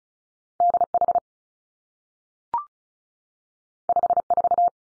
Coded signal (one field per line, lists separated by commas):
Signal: Morse code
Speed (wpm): 36 wpm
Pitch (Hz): 700 Hz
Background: none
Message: D H 5 4